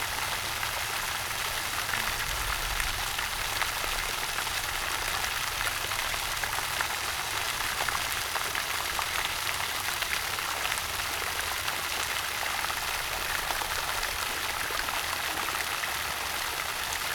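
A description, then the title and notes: Water from a gushing spring runs in a steady, dense hiss, bright and even with fine crackling detail. The sound holds at one level throughout, with no pauses or separate events. A faint low rumble sits underneath the whole time. Gushing Water Spring.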